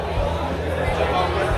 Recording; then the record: background sound without coughing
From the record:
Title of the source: CITY SOUNDS Busy Bar in the Evening Night - 2 HOURS of Ambiance for Relaxation